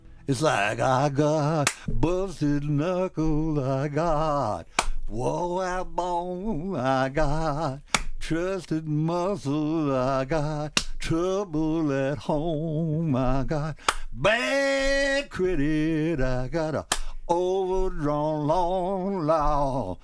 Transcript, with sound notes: “It’s like I got (clap) busted knuckles, I got (clap) walleyed bone, I got (clap) trusted muscles, I got (clap) trouble at home, I got (clap) BAD credit, I got a (clap) overdrawn loan,